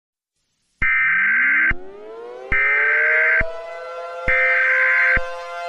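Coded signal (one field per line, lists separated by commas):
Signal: Emergency Alert System (SAME) tones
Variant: header bursts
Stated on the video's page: Fictional EAS scenario, not a real alert.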